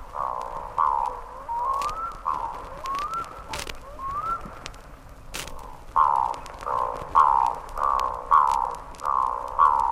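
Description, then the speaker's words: Black-throated loon calling with mellow, rising wailing notes, then a run of repeated short yelping calls, with a few sharp clicks. Played recording; the call carries many kilometres. "Men vi skulle lyssna lite på storlom, så får vi höra."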